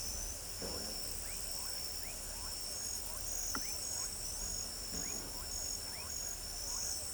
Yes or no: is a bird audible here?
no